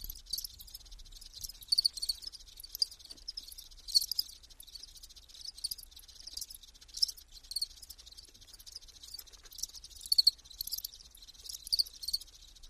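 Insects buzzing in a dense, high-pitched chorus that runs without a break and swells in brief pulses.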